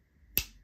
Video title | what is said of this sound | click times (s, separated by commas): 3 Most Carried Knives This Year - Open Tag Last Ranger | out you hear that snap this one | 0.4 s